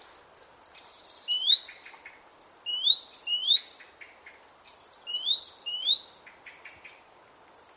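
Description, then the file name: Great tit calls: repeated pairs of upward-slurred notes with sharp high whistles, coming in bursts separated by brief pauses. "Parus major"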